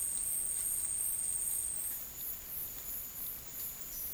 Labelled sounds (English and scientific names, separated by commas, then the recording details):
none
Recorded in dense forest near Puerto Asís, Putumayo, Colombia, on 23 June 2025 at 11:30
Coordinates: 0.503, -76.323
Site G059